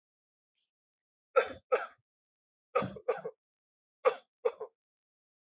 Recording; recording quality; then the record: shallow voluntary cough; excellent, no background noise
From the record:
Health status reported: healthy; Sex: male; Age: 23 years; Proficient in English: yes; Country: India